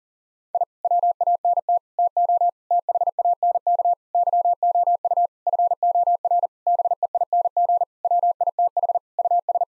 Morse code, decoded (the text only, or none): I WANT TO THANK YOU FOR BEING WITH US